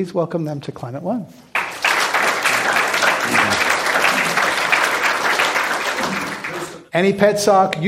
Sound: applause

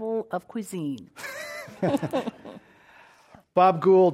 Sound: laughter

